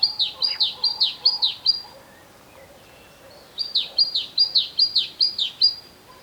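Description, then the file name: Great tit singing high, ringing two-note phrases repeated rapidly in a burst, then a pause of nearly two seconds before another similar burst. "Parus major"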